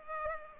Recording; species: mosquito wingbeat signal from an infrared sensor; Culex pipiens